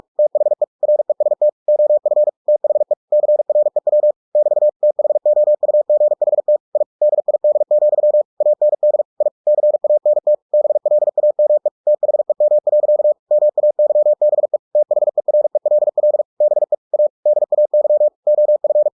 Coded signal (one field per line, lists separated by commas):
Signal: Morse code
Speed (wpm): 46 wpm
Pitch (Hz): 600 Hz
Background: none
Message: THE REST OF THE CREW <BT> THOUGHT I DID, AND I CANT BLAME THEM. MAYBE THERELL BE A DAY OF